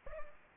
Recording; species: mosquito wingbeat signal from an infrared sensor; Aedes aegypti